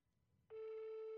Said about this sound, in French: Allez, l'étal Limousin, il te reste plus que quelques secondes. On va laisser encore 4 sonneries. Ça fait déjà une de passer. 2 sonneries.